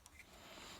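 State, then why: Seated. The collapsible stock of an H&K Umarex KWA MP7A1 airsoft submachine gun is slid back into the receiver after the small stock lever is pushed up. A single short, sharp click at 0.1 s marks the stock locking into its retracted position, followed by a low, steady background hiss.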